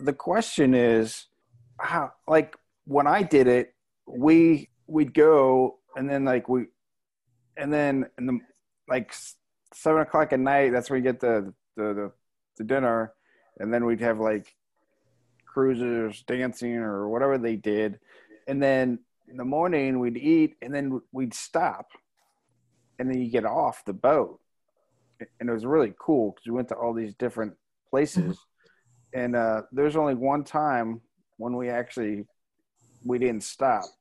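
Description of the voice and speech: A man recounts a cruise trip in halting speech, with frequent pauses, repeated fillers such as "and then, and then" and "like, like", and vague wording. These fit mild aphasia with word-finding difficulty after a gunshot wound to the head sustained while serving in the Army.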